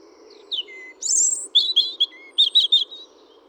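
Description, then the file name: European robin song: a high falling slur, a thin steady whistle, a bright squeaky phrase, a run of quick tinkling notes, a soft whistle, then more tinkling notes, with a low hum behind. "Erithacus rubecula"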